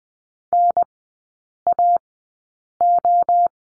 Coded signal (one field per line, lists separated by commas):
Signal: Morse code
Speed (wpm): 20 wpm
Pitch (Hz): 700 Hz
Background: none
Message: NAO